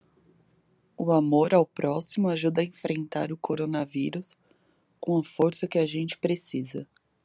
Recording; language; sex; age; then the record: spoken sentence; Brazilian Portuguese; female; 30 to 39 years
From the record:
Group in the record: control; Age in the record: 35 years